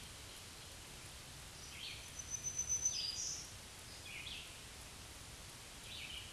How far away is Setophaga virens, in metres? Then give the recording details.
about 20 m. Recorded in a Pennsylvania forest on 1 June 2023 at 07:02. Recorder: AudioMoth, point grid3_31_low. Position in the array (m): 124 m, 112 m